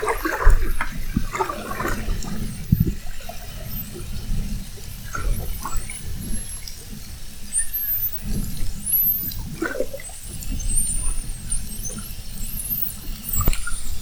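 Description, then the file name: Spinner dolphin whistles: short high upsweeps scattered throughout, over loud low underwater noise. Spinner dolphin whistles, recorded at Fernando de Noronha. "Sons rotadores FN assovios"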